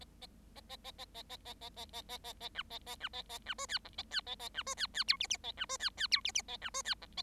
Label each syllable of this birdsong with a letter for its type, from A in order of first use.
A A A A A A A A A A A A A A A B A A B A A B C D E A D A A B C D D F G G A B C D D F G G A B C D E A